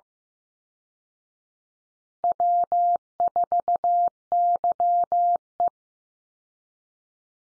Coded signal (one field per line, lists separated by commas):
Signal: Morse code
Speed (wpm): 15 wpm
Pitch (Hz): 700 Hz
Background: none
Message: W4YE